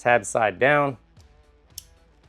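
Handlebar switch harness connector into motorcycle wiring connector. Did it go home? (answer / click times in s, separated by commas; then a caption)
yes / 1.8 s. Someone talks, then a left handlebar switch wiring harness plug is pushed tab side down into its mating motorcycle wiring connector. A sharp click at 1.8 s marks the connector seating.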